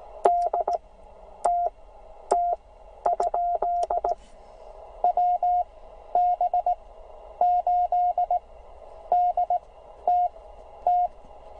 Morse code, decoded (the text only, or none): DTT? WB8DTT